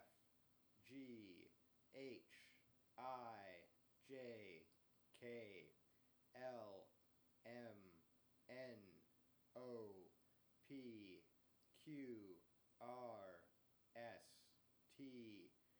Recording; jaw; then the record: letters of the alphabet, spoken; free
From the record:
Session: first day, before the bite bar